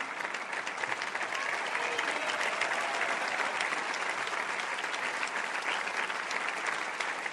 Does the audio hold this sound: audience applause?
yes